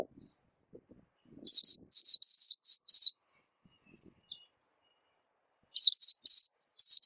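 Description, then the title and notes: White-eye song: two runs of fast, high, slurred chirps a few seconds apart. Local name pleci; song described as melodious and long. "Kicau Burung Pleci ampuh. suara burung pleci merdu panjan"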